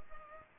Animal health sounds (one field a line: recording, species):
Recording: mosquito wingbeat signal from an infrared sensor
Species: Culex pipiens